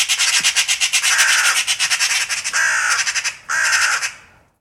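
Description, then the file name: Eurasian magpie chattering, a harsh rapid rattle of dry pulses running for several seconds, ending in two grating bursts. "Pica pica"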